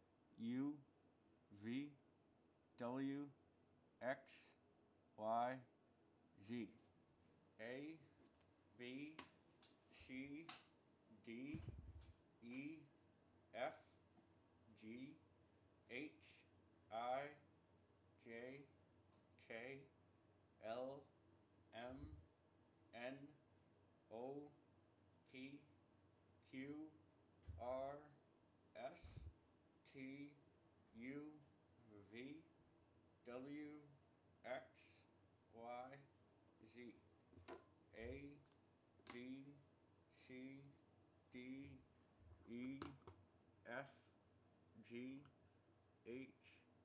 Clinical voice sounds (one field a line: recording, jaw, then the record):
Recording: letters of the alphabet, spoken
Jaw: constrained by a bite bar between the teeth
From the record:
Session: first day, right after the free take